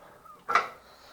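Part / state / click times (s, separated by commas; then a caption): safety stopper on a winch hook, latching over its mount / not seated / none. The small spring safety stopper (keeper) on a metal winch hook is pushed over its mount, making a brief sharp metallic burst at about 0.5 s that fades out by about 0.8 s. The stopper will not go all the way over and lock into place, so nothing has seated or clicked yet.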